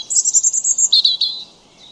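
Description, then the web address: European robin song: a quick series of very high repeated notes dropping to a slightly lower, rapid trill, then fading. "Deverinetal 2025 File origin Bird Only Er Ru"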